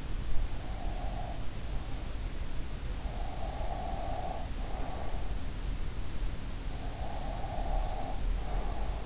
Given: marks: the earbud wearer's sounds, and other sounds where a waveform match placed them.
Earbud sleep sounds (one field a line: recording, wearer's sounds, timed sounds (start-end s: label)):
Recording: sounds in sleep by an in-ear microphone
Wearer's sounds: breath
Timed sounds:
0.63-1.41 s: breath
3.24-5.12 s: breath
6.99-9.06 s: breath